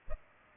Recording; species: mosquito wingbeat signal from an infrared sensor; Culex pipiens